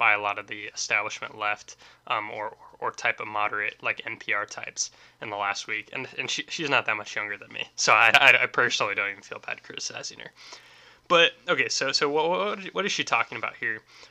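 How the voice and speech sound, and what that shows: Conversational speech from an adult man who stutters and stammers, with frequent whole-word repetitions ("I, I, I", "what, what, what"), consistent with mild stuttering.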